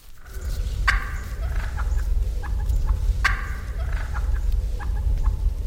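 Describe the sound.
Turkey gobbling, two loud rattling bursts about two seconds apart with smaller calls between, over a strong low rumble.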